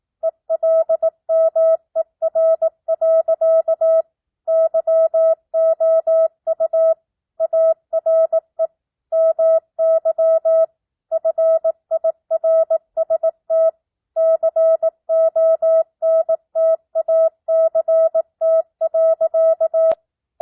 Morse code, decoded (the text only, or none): ELMER. YOU ARE MY FIRST CONTACT.